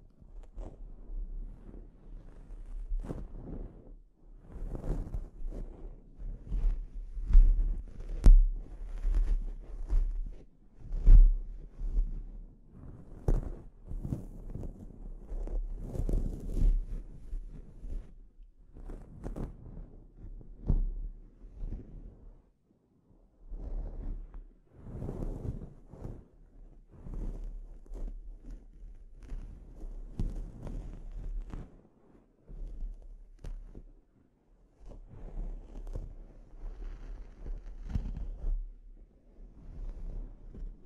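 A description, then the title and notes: A scalp treatment, heard as a string of soft rubbing, scratching and tapping sounds that come in short, irregular bursts throughout. The strokes are mostly low and muffled, with occasional brighter crisp touches, and a few brief quiet pauses around 20 and 33 seconds. ASMR Sleep Inducing Scalp Treatment (No Talking).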